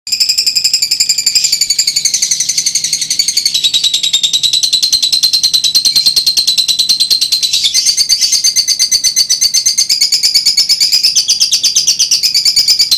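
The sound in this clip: Lovebird song, a long unbroken run of rapid, harsh, buzzy chattering and squeaky trills, high-pitched and continuous throughout with slight shifts in pitch.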